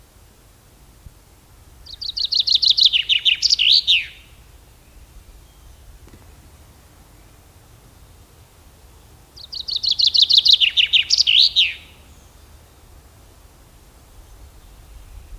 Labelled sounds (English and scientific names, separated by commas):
Common Chaffinch (Fringilla coelebs) song